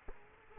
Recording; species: mosquito wingbeat signal from an infrared sensor; Culex quinquefasciatus